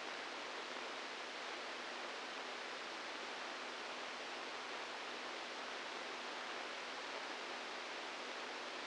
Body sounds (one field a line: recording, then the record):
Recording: brain microelectrode recording played as sound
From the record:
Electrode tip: outside the subthalamic nucleus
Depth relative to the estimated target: -3 mm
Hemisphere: right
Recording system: NeuroSet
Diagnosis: Parkinson's disease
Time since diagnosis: 8 years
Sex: male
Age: 46 years